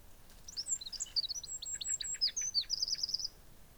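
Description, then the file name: Eurasian wren song, a rapid, high-pitched outpouring of sharp trilled notes and chatters lasting about three seconds, with faint background hiss. "Troglodytes troglodytes"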